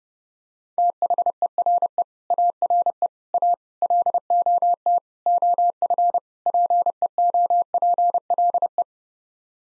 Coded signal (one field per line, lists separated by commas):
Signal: Morse code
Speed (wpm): 30 wpm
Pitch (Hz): 700 Hz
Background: none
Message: THERE ARE A LOT OF PEOPLE